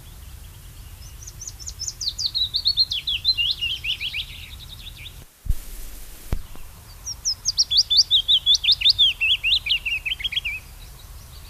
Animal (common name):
Willow Warbler